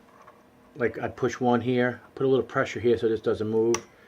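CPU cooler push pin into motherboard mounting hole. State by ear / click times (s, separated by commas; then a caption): not seated / none. A plastic push pin on a stock CPU heatsink and fan is pressed down into its motherboard mounting hole while the cooler is held steady, and someone talks throughout. Only a faint tick is heard at 0.3 s. Nothing has seated or clicked yet.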